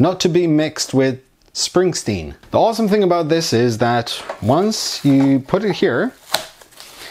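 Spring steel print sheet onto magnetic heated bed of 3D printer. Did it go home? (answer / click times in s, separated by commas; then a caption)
yes / 6.3 s. A removable spring steel print sheet is laid onto the magnetic heated bed of an Original Prusa i3 MK3 3D printer while someone talks. A sharp snap is heard at 6.4 s as the sheet pulls down and locks into place, followed by a couple of softer sounds, and the sheet is seated.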